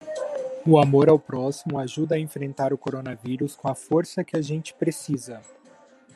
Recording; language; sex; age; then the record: spoken sentence; Brazilian Portuguese; male; 30 to 39 years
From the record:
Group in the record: control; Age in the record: 36 years